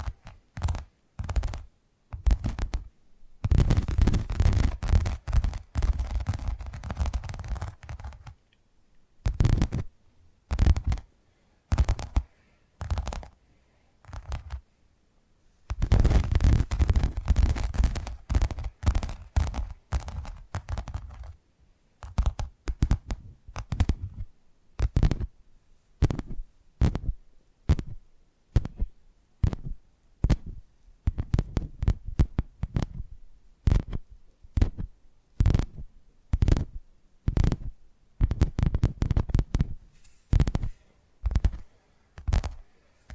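Tapping triggers in quick, uneven bursts of sharp knocks with a dull low thump, pausing briefly near 8 and 15 seconds before continuing.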